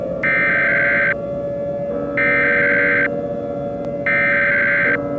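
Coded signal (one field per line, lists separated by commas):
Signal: Emergency Alert System (SAME) tones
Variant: header bursts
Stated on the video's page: Fictional scenario.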